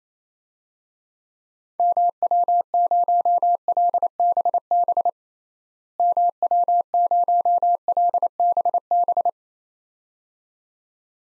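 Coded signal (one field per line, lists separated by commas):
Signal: Morse code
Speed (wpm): 28 wpm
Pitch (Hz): 700 Hz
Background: none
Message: MW0LBB MW0LBB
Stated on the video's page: Morse practice at 28 wpm: 6-character DXCC call signs outside the USA, each sent twice, then spoken, then sent again.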